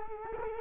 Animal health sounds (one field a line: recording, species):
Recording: mosquito wingbeat signal from an infrared sensor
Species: Culex quinquefasciatus